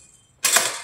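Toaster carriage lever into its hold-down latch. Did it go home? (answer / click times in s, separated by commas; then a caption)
no / none. A plugged-in Kenwood toaster's push-down carriage lever is pressed toward its hold-down latch; after near silence, a sudden bright, broadband clatter hits at about 0.4 s and fades over the remaining fraction of a second. The lever does not latch and springs straight back up, so the toaster does not come on and nothing has seated.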